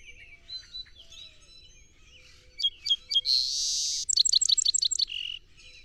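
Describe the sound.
Song sparrow: soft chirps and twitters lead into a song: three crisp notes, a loud buzz, then a fast rattling trill ending in a lower note.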